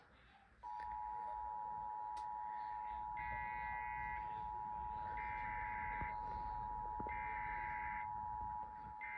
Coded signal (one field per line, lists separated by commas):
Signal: Emergency Alert System (SAME) tones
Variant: 853 and 960 Hz attention tone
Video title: EAS ALERTS 5923-5934 FROM 06/29/24